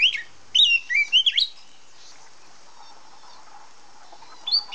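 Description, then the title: Oriental magpie-robin producing two short bursts of bright slurred whistles, a long quiet gap, then one more whistled note at the end. Female of the black form. "Kacer Betina. suara burung kacer hitam betina"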